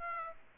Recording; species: mosquito wingbeat signal from an infrared sensor; Aedes aegypti